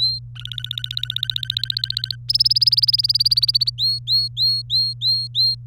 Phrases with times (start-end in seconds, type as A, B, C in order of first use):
0.00-0.19 A, 0.35-2.16 B, 2.29-3.70 C, 3.78-5.55 A